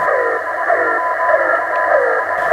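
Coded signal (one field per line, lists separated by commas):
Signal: channel marker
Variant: The Horn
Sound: steady harsh horn-like blaring tone, rich in harmonics, through radio noise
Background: radio static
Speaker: ta stacja zyskała nazwę horn i oczywiście trochę przypomina trąbienie pneumatycznej trąbki stacjonarnie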